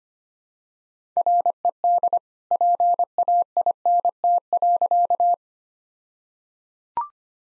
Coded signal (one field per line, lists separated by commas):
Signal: Morse code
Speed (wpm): 25 wpm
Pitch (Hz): 700 Hz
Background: none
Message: RED PAINT.